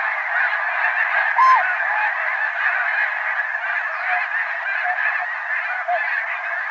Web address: Goose -Snow